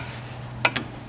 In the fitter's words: you hear it lock on and we don't have to switch the probe on it